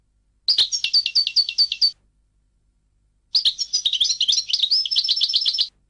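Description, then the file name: Goldfinch song: a short tinkling phrase, a pause, then a longer run of rapid twittered and trilled notes. "audio burung goldfinch"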